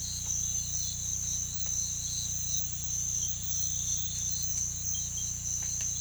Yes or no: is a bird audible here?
no